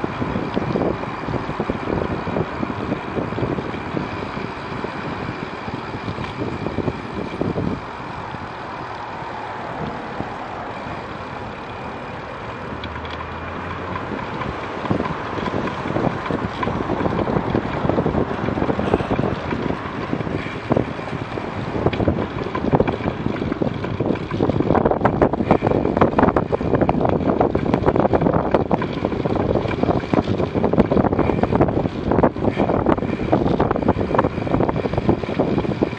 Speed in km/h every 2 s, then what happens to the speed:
26, 23, 18, 14, 14, 15, 19, 21, 22, 22, 24, 24, 24, 25, 27, 27, 24, 20.
0-6 slows to 14. 6-28 speeds up to 27. 28-36 slows to 20.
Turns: none.